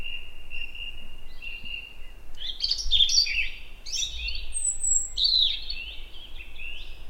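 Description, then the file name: European robin starts with a long, thin whistle, then breaks into a bright, tumbling sequence of high, sliding and twittering notes. "Erithacus rubecula"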